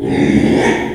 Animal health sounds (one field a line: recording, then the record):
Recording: squeal of a Yucatan mini pig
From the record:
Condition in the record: after surgery on the right vocal fold (resection and tissue-engineered implant)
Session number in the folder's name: 3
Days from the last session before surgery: 33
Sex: male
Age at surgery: 12 weeks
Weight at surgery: 13 kg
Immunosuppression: cyclosporine, prednisolone